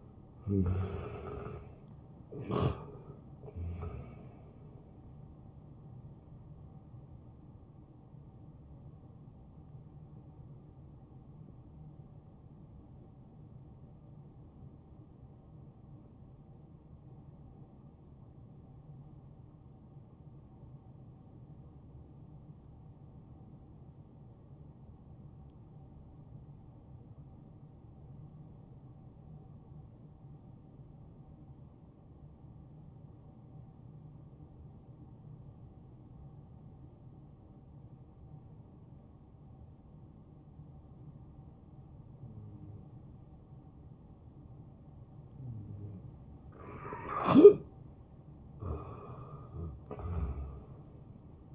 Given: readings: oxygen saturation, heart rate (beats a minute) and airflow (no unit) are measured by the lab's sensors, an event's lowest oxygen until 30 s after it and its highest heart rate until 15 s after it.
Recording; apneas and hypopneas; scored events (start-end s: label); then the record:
breathing in sleep by a smartphone at the bedside; 1
14.00-43.70 s: hypopnea (N2, oxygen 94% highest, then 88% lowest, heart rate 68 at the start, 73 highest)
36.00-51.55 s: new sleep stage, N1 (lightest sleep)
From the record:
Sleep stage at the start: N2 (light sleep); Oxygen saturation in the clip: 86 to 94%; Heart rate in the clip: 64 to 78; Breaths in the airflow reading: 9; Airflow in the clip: -8.0 to 7.1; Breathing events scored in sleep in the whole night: 263 in 5.5 hours asleep